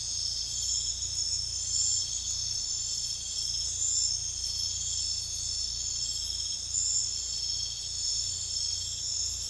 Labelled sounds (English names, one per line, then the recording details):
none
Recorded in secondary vegetation near Puerto Asís, Putumayo, Colombia, on 16 December 2024 at 00:30
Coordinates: 0.499, -76.323
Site G010